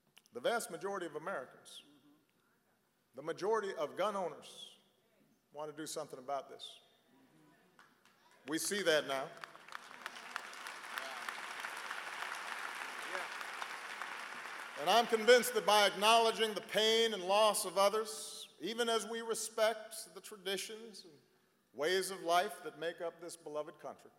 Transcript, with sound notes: The vast majority of Americans -- the majority of gun owners -- want to do something about this. We see that now. (Applause.) And I'm convinced that by acknowledging the pain and loss of others, even as we respect the traditions and ways of life that make up this beloved country